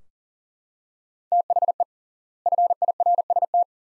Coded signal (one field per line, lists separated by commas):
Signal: Morse code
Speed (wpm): 40 wpm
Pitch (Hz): 700 Hz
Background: none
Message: THE FIRST